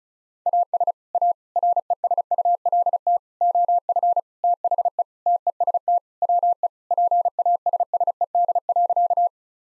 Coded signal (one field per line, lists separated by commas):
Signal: Morse code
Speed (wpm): 36 wpm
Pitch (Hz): 700 Hz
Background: none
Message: AS A RESULT OF THE TEST WE PASSED.